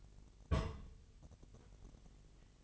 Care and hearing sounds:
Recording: daily activity, microphone in the room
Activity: place on stove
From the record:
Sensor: 4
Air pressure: 1000.0 hPa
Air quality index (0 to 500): 226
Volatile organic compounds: 28 ppm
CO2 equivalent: 2922 ppm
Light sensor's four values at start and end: 9/20/8/8 and 9/20/8/7

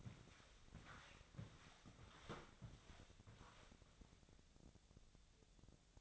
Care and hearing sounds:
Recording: daily activity, microphone in the room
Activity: walk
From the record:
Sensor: 3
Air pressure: 1000.5 hPa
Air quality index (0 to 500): 168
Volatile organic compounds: 3 ppm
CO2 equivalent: 1466 ppm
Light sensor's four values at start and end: 16/42/17/18 and 15/37/15/16

